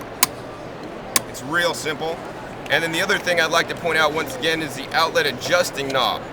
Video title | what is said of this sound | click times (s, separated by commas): Green Star Elite GSE GSE-5000 Compared to Green Star Juicer | and they literally just snap into place | 0.2 s, 1.2 s